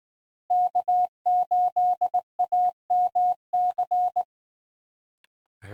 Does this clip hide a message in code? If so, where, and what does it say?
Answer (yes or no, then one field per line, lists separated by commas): yes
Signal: Morse code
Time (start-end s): 0.5-4.2 s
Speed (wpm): 18 wpm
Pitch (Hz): 720 Hz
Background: none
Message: K8AMC